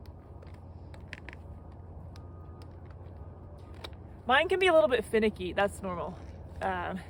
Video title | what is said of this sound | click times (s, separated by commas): What even is Alpine Touring???! | Because you need to be kind of straight when you're putting it in. If you're bent, it won't click in place. | 1.1 s